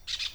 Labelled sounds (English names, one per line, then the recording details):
Brown-throated Parakeet contact call
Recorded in Venezuela
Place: PN Cerro Saroche, Tierras del Sr. Polo, Edo. Lara
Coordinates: 10.171, -69.518